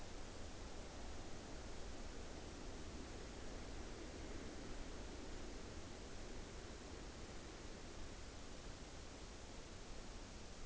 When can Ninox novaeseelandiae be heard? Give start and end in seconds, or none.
none